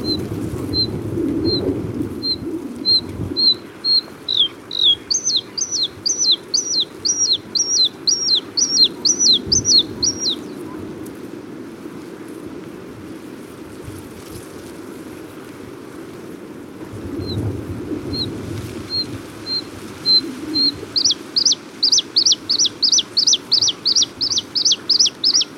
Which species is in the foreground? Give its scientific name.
Luscinia svecica